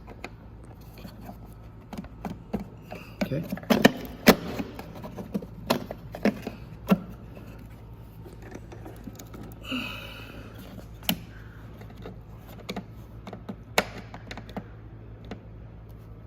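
An 18A overload protector, the on/off switch of an iQ228CYCLONE tile saw, is handled against the saw's plastic housing, making a series of sharp taps, knocks and scrapes, with the loudest bursts around 3.9, 4.3, 5.7, 11.1 and 13.8 seconds. Someone talks briefly. The switch is not yet pressed home, and nothing has seated or clicked yet.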